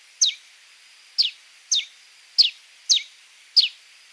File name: Canto do soldado de crista vermelha